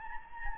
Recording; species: mosquito wingbeat signal from an infrared sensor; Anopheles gambiae